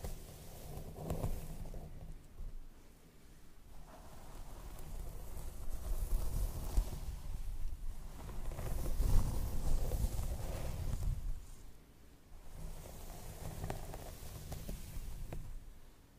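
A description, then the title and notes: Hair brushing and scalp massage make soft, rustling low strokes that swell and fade in slow waves, loudest around nine to eleven seconds. Scalp Massage & Hair Brushing.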